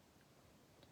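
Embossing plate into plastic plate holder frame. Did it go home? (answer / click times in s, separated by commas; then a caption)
yes / 0.8 s. A plastic embossing plate is turned around and pressed into its plastic holding frame, and it locks in place. A single soft tick is heard at 0.8 seconds against a quiet, steady background.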